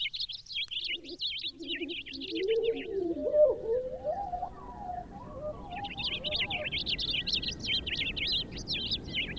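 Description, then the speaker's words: Purple Finch song: rich warbled phrases at the start and end, with a lower, wavering sound overlapping in between. Male varying his song with songs of different lengths. "This purple finch varies his serenade with songs of different lengths."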